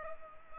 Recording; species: mosquito wingbeat signal from an infrared sensor; Culex pipiens